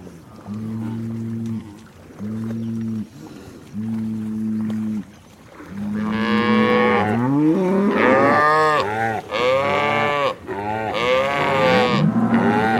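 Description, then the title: Cow: cattle lowing, three soft, steady low moos at first, then a burst of loud moos rising and falling in pitch. "Eco-Moo-tion: The Ecological Soundscape of Cow Conversations"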